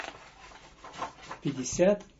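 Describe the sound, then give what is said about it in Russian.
A book page is turned with a soft, scratchy paper rustle lasting about a second, followed by a few short spoken sounds. “Следующая страница”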